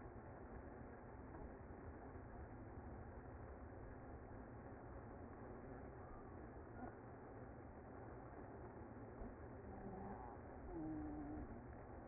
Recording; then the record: honeybee colony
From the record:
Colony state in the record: active